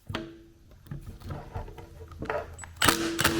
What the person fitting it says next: well that one stripped out